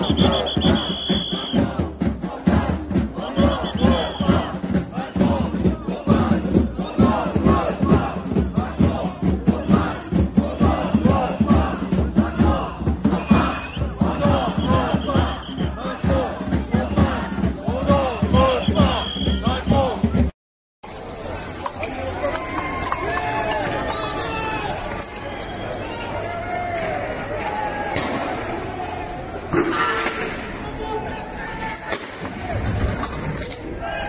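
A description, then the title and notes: French protesters chant and shout together in a dense, rhythmic crowd for about twenty seconds, with a repeated whistle-like tone cutting through. After a brief silent break, the scene shifts to a looser murmur of voices with scattered shouts and sharper noises near thirty seconds. Incredible Scenes - French Protesters Today In Paris France.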